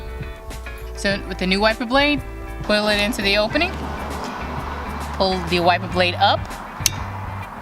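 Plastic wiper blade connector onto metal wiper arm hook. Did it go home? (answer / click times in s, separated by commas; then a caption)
yes / 6.9 s. A new plastic wiper blade connector is pulled up into the opening on a metal wiper arm hook as someone talks over background music. A sharp snap at 6.9 s marks the second wiper blade seating onto the wiper arm.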